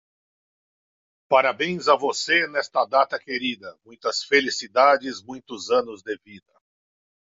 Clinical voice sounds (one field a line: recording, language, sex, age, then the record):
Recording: short text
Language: Brazilian Portuguese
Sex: male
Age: 50 to 59 years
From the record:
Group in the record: control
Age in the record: 57 years